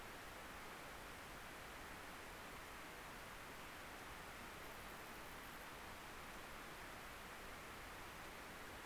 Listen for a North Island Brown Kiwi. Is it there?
no